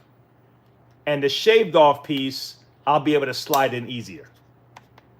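Someone talks while handling a plastic piece with one shaved-off side, lining it up to slide into a Dyson upright vacuum. Two faint, brief ticks are heard near 4.8 and 5.0 seconds after the talking stops. The part has not seated or clicked into place yet.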